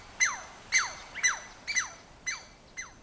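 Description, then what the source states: Douglas Squirrel squeaking: a series of sharp squeals about every half second, each dropping quickly in pitch. A Douglas squirrel taken as prey by a female Sharp-shinned Hawk.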